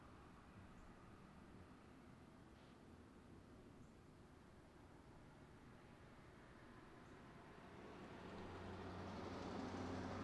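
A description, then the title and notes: Traffic rumbles steadily at a roadside bus stop, a low, dense wash of engine and tire noise. Around the eighth second a large vehicle, likely the bus, draws near, its deep engine hum and hiss swelling louder through the end. A bus stop on North Tryon and Hilo Drive. A variety of passing cars, and the bus.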